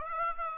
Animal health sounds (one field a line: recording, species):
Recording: mosquito wingbeat signal from an infrared sensor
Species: Aedes aegypti